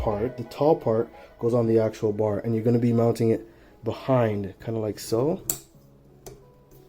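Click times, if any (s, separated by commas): 6.3 s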